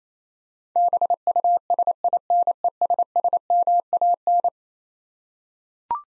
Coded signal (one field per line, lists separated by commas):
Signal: Morse code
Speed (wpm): 27 wpm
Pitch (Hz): 700 Hz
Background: none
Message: BUSINESSMAN